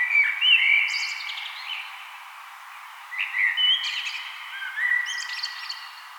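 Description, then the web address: Common blackbird song: mellow fluted phrases, each closing in thin, high twittering, separated by pauses. "vogelstimmen amsel gesang nabu lars lachmann"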